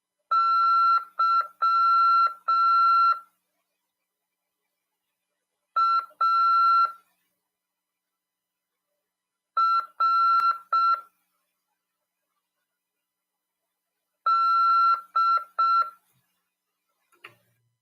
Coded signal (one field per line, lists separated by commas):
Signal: Morse code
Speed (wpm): 6 wpm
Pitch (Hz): 1350 Hz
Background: none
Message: YARD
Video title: RADIOAMADOR 3/10/2022 "AULA 13: CW, C.RODADA e LEGISLAÇÃO" PY2EXU PAULO SP/SP 22 ANOS de RAF/CRASP.